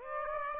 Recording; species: mosquito wingbeat signal from an infrared sensor; Aedes aegypti